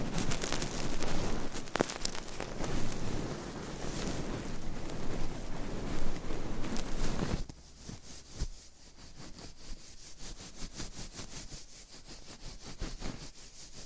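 Dense scratching and brushing across the mic for about seven seconds, then a sudden drop to softer, rhythmic strokes with quick ticking taps.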